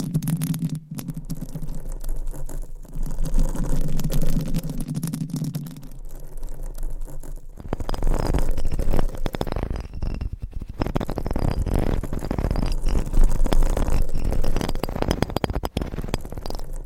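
Microphone scratching: the first seven seconds hold a low, steady humming rumble with faint rubbing. Then dense, coarse scraping takes over, rough and gritty with rapid irregular strokes, continuing in thick waves to the end with a sharp click near fifteen seconds.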